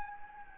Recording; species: mosquito wingbeat signal from an infrared sensor; Anopheles gambiae